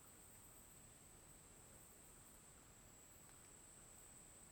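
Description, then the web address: Cricket producing an even, high continuous trill over a wash of wind through leaves. Daytime forest ambience with an oscillating cricket and wind in leaves, Tocantins. "Ambiente na mata dia com grilo oscilante e vento com folhas. tocantins"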